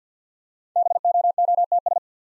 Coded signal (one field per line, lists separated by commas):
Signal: Morse code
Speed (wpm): 50 wpm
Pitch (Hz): 700 Hz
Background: none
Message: BOOTS